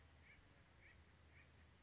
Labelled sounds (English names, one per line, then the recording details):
Western Flycatcher
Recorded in Sonoma County, California